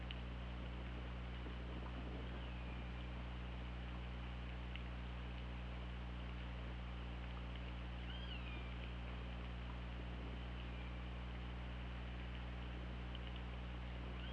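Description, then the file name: Orca calls, faint rising and falling tonal cries surfacing now and then over a steady low underwater hum and hiss. OrcaLab hydrophone, underwater, 24 August 2017 at 21:36:46. "Orca Lab UTLN JASON 20170824 213646"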